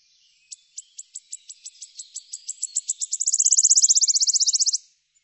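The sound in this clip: Bird song: a series of high, thin ticking notes that speeds up and grows louder, ending in a fast, bright trill that stops abruptly after about two seconds.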